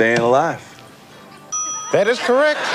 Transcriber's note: soundbite of bell